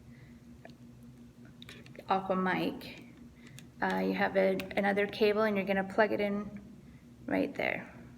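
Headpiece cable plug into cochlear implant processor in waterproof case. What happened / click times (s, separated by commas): The cable is being handled but the connector has not clicked home yet / none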